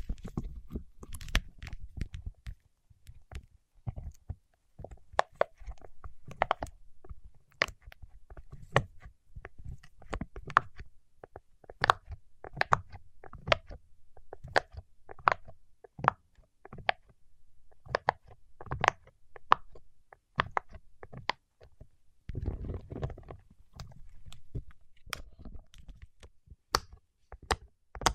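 Fingertips moving on wax produce a dense, irregular stream of sharp clicks and sticky crackles, coming several times a second for the whole stretch. Soft low thuds and rubbing sit underneath, swelling briefly around 22 to 23 seconds.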